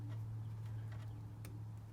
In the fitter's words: you can slide it in and you'll hear a little click so